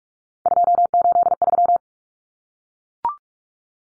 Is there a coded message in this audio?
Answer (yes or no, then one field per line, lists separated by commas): yes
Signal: Morse code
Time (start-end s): 0.5-1.8 s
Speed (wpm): 44 wpm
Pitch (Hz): 700 Hz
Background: none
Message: 283